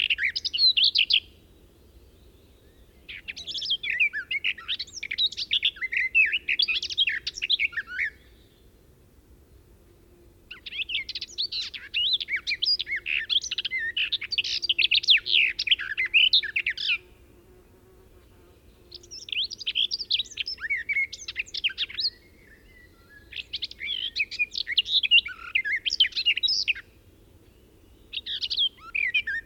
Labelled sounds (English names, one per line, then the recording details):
Garden Warbler song
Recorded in the wild
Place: Eberswalde, Brandenburg, DE
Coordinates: 52.837, 13.788
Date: 1972-06-08
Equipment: Nagra III BH, Sennheiser MD 21, parabola
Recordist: Schubert, Michael
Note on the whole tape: Gesang Gartengrasmücke nach abgespieltem Gesang